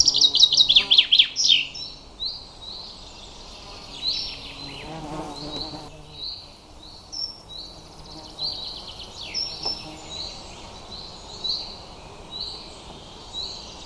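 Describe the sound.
Bird song opens with a brisk chirping trill, then many soft, short high notes repeat against a faint background hiss.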